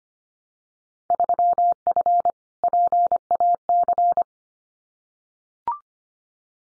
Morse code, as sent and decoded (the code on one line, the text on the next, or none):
...-- ..-. / .--. .- -.-.
3F PAC